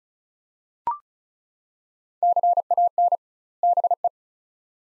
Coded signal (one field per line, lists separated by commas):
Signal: Morse code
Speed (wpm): 36 wpm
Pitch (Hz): 700 Hz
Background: none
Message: CAN BE